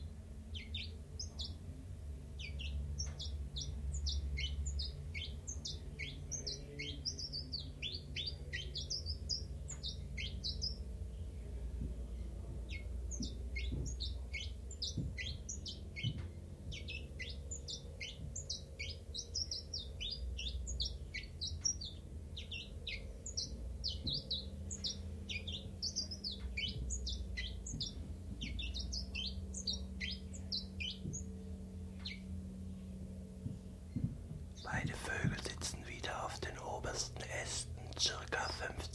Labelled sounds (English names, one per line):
Common Chiffchaff